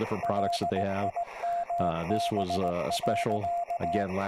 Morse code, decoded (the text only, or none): LIMB.